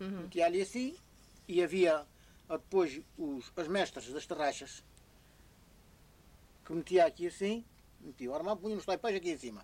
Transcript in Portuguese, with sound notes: Metia ali assim e havia depois os as mestres das tarraxas [pausa] que metia aqui assim… Metiam?! Armavam, punham os taipais aqui em cima.